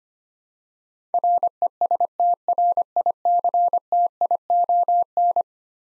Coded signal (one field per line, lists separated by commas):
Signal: Morse code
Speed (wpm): 25 wpm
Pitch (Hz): 700 Hz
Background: none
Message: RESTRICTION